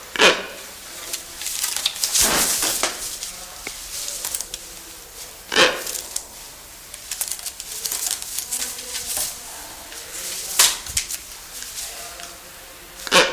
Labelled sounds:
Wreathed Hornbill (Rhyticeros undulatus) call
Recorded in captivity
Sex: male
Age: adult
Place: Zoo Berlin, Berlin, DE
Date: 1999-09-04 10:58
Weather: sonnig, 21°C
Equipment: Sony WM-D6C, Sennheiser ME 80, Kopie Uher 4000 Report Monitor
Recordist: Tembrock, Günter

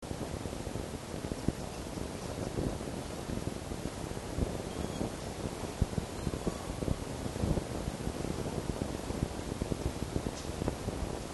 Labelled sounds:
Red Fox (Vulpes vulpes)
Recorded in captivity
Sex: female
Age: adult
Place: Zoologisches Institut der HUB, Berlin, DE
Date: 1954-05-27 11:10
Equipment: Elmetra
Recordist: Tembrock, Günter
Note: Fiffi (dazwischen): Muffen (ohne Fleisch)

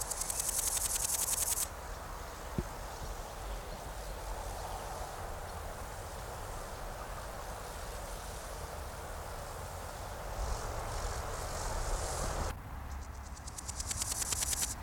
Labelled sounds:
Large Gold Grasshopper (Chrysochraon dispar) stridulation
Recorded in the wild
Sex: male
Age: imago
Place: Mühlenbeck, am Tegeler Fließ, Brandenburg, DE
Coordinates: 52.667, 13.37
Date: 1992-08-16 14:40
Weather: leicht bewölkt, 22°C, keine Sonne
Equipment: Marantz CP 430, Sennheiser ME 80, Kopie Tesla B 116
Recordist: Tembrock, Günter
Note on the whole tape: Männchen: Stridulation

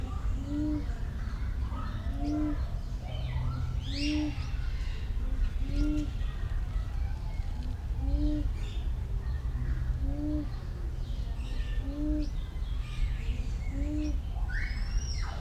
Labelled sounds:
Pin-tailed Whydah (Vidua macroura)
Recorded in captivity
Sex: male
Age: adult
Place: Zoo Berlin, Berlin, DE
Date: 1994-07-16 10:33
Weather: sonnig, 22-26°C
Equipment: Marantz CP 430, Sennheiser ME 80, Kopie Uher Variocord 263
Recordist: Tembrock, Günter

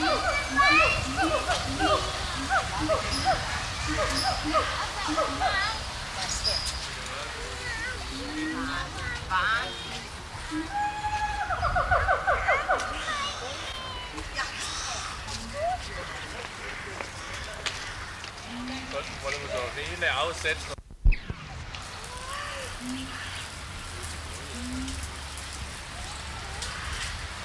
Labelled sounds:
Siamang (Symphalangus syndactylus)
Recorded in captivity
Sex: pair
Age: adult
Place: Münchner Tierpark Hellabrunn, Bayern, DE
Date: 1993-09-20 11:21
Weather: 17 °C, heiter
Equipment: Marantz CP 430, Sennheiser MKH 416 T, Kopie Uher Variocord 263
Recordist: Tembrock, Günter

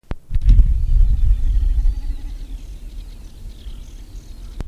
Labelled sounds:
Common Snipe (Gallinago gallinago)
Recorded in the wild
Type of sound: aerial display
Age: adult
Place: Klockenhagen/Ribnitz-Damgarten, Mecklenburg-Vorpommern, DE
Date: 1970-06-08
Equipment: Uher 4200 Report Stereo, DM 622, Reflektor, Tesla-Verstärker
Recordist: Tembrock, Günter
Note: "Meckern". Feuchte Wiesen - Klockenhagen

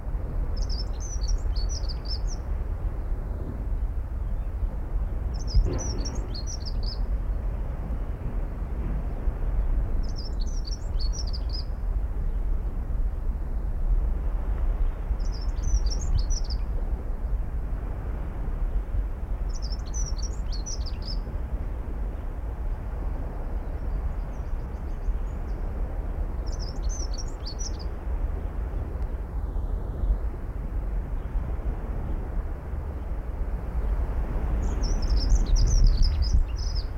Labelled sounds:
Dunnock (Prunella modularis)
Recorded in the wild
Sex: male
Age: adult
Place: Kühlungsborn, Mecklenburg-Vorpommern, DE
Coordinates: 54.147, 11.742
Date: 1993-03-31
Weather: sonnig, ca. 5 ° C
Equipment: Marantz CP 430, Sennheiser ME 80, Kopie Uher Variocord 263
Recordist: Tembrock, Günter

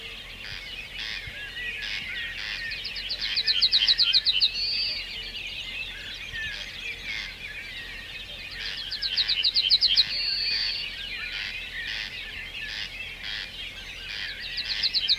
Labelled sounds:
Yellowhammer (Emberiza citrinella)
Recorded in the wild
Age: adult
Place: Hörfeld, AT
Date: 1972-05-26
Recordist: Brunner, Thomas

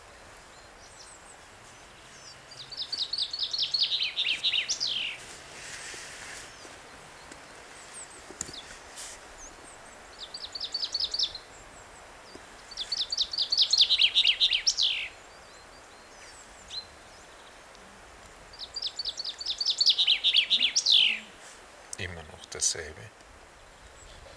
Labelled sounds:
Common Chaffinch (Fringilla coelebs) song
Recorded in the wild
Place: Oberstdorf, Bayern, DE
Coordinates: 47.4147, 10.2353
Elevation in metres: 871
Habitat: mountains
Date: 1985-04-02
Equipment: Uher 4000 Report, Sennheiser MKH 815 T
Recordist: Tretzel, Erwin

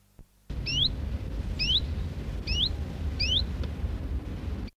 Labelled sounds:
Common Chiffchaff (Phylloscopus collybita) call
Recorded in the wild
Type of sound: call
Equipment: Halbspur, 9,5 cm/s
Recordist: Lütgens, Hans
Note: Locken

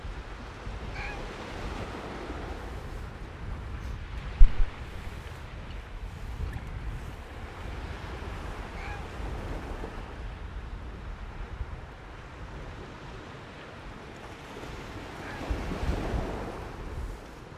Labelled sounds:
Arctic Fox (Vulpes lagopus) call
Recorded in the wild
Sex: female
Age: adult
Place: Insel Mednyi, Kommandeur-Inseln, RU
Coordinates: 54.5167, 168.083
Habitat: tundra
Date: 1999-08-24
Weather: cloudy, 10°C, weak winds
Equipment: Sony TCD-D8, Sennheiser MKH 70, Windkorb
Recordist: Frommolt, Karl-Heinz

